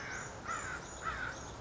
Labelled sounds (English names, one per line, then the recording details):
American Crow
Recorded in Sonoma County, California